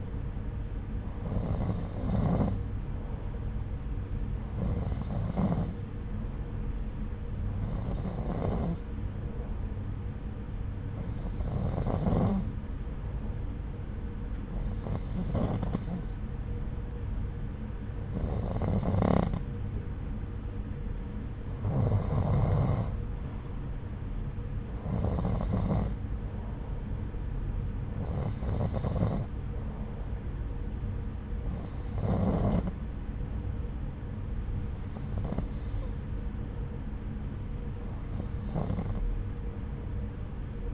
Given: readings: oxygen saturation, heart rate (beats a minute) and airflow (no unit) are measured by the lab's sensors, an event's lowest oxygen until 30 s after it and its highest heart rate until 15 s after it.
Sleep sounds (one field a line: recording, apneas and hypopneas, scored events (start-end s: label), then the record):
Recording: breathing in sleep by a smartphone at the bedside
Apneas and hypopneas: none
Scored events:
none scored
From the record:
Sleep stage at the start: N2 (light sleep)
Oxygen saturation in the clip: 90 to 92%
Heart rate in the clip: 64 to 79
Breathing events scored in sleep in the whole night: 303 in 8.1 hours asleep